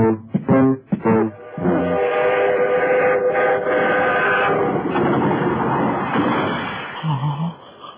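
A train bound for Cairo sounds a few short horn blasts, then rolls on with a steady, loud rumbling clatter of wheels on track that eases toward the end.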